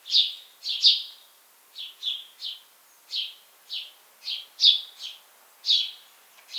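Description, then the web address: House sparrow chirping steadily, sharp cheeping notes in twos and threes after a loud opening burst. "pub SETE data Passer domesticus"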